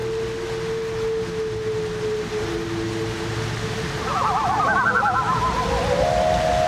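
Loon giving a long, level wail, then quavering tremolo notes before another sustained tone, over low rumble and hiss.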